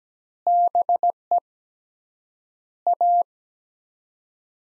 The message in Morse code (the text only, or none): BE A